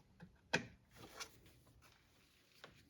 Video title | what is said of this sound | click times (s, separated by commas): 2021-2026 Toyota Sienna Front Vehicle Approaching Speaker Testing And Replacement Instructions | then plug the connector in until it clicks. | 0.5 s